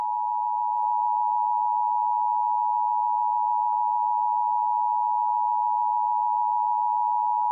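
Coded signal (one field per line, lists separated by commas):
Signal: Emergency Alert System (SAME) tones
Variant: 853 and 960 Hz attention tone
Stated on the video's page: Fake EAS scenario, a remake of an earlier mock.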